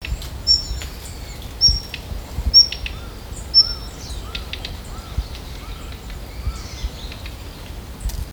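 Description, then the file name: Daurian redstart calls: four thin high whistles, roughly one per second in the first half, mixed with dry ticking clicks. A lower soft repeated note and steady background hiss are also heard. "jobitaki"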